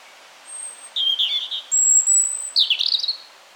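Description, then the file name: European robin song: a wavering warble, a long, very high, pure whistle, then a burst of scratchy rising and falling twitters. "Erithacus rubecula"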